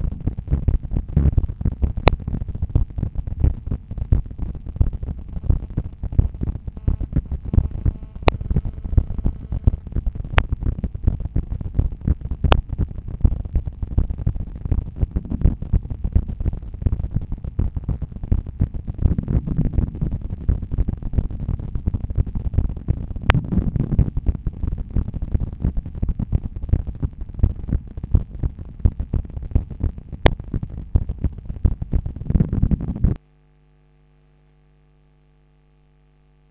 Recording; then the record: heart sounds by stethoscope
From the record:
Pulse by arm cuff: 82 bpm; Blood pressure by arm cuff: 135/82 mmHg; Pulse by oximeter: 82 bpm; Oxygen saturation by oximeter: 97%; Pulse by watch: 82 bpm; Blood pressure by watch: 113/75 mmHg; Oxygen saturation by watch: 98%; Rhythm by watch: sinus rhythm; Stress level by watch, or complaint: low stress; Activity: after coffee and smoking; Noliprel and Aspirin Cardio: after pills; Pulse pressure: 53 mmHg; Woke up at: 6:50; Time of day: 8:20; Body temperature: 36.5 C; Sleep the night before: 8 h 16 min, score 66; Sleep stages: REM 20%, light 64%, deep 6%, awake 10%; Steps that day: 6850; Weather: light rain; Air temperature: 18 C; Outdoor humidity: 91%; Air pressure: 1007 hPa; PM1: 1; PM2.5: 3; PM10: 5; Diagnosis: hypertension, treated with Noliprel and Aspirin Cardio 100 mg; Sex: male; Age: 53 years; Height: 174 cm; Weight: 81 kg